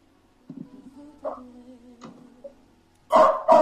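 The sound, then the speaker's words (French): A dog gives two loud, sharp barks in quick succession at the end, after a stretch of quieter, low drawn-out tonal sounds. No one speaks. “le chien en train d'aboyer toujours là.”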